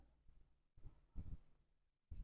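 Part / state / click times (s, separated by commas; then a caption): plastic model crane part into its mounting on a ship model / not seated / none. A small plastic crane part from a Titanic scale model is handled and pushed toward its mount on the ship model. Quiet rustling is broken by short low bumps and scrapes at about 0.8, 1.2 and 2.1 seconds. Nothing has seated or clicked yet.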